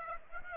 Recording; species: mosquito wingbeat signal from an infrared sensor; Aedes aegypti